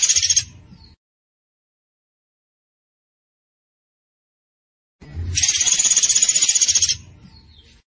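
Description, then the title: Zebra finch's dry, buzzy high rattle, brief at the start, then a longer burst of quick pulses after several seconds of quiet. Master recording for training cage birds. "Masteran Burung Tembakan Gacor"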